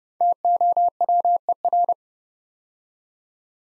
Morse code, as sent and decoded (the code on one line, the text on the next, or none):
- --- .-- . .-.
TOWER